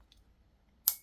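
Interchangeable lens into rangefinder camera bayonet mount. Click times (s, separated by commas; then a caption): 0.9 s. An interchangeable lens is mounted on a Minolta CLE rangefinder camera's bayonet mount: its red dot is lined up with the lens release button and the lens is turned clockwise. After a faint tick at 0.1 s, a sharp, bright click at 0.9 s marks the lens locking into place, seating it on the camera.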